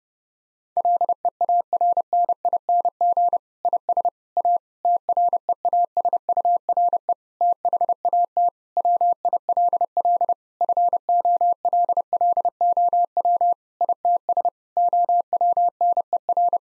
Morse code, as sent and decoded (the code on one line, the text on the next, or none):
.-.. . .- .-. -. .. -. --. / .. ... / .- / - .-. . .- ... ..- .-. . / - .... .- - / .-- .. .-.. .-.. / ..-. --- .-.. .-.. --- .-- / .. - ... / --- .-- -. . .-.
LEARNING IS A TREASURE THAT WILL FOLLOW ITS OWNER